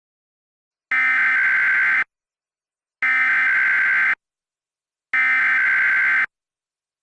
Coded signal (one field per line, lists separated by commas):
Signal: Emergency Alert System (SAME) tones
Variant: header bursts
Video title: EAS Reenactment Mock: Harvey wrecks havoc [v2] (Extreme Wind Warning) - AUG 25 2017